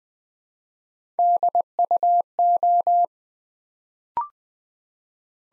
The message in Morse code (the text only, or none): DUO